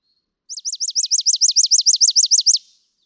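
Chipping Sparrow singing a fast, even trill of many high, sharply down-slurred notes, lasting about two seconds.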